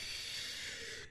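One airy, hissing rush of breath, just under a second long, through a tracheostomy in a man in his 40s, placed as an emergency after his airway narrowed to about the size of a pinhole from swelling and scar tissue.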